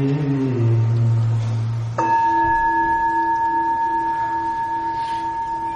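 A low, steady humming tone gives way to a single sharp strike of a meditation bell, which rings on with clear, sustained overtones that slowly fade for several seconds.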